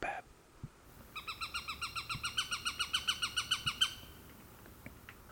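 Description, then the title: Eurasian sparrowhawk chattering a brisk series of harsh kek notes for about three seconds, with a few faint clicks and a short noise at the start. "Varpushaukka"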